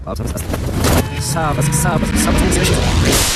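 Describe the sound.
A car's engine rumbles steadily while reversing, then a dull crunch of impact marks it hitting something, with a voice briefly heard over the continuous motor noise.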